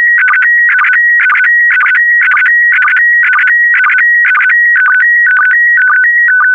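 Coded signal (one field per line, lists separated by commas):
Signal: SSTV (slow-scan television)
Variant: PD120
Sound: warbling two-pitch tone repeating twice a second with short low chirps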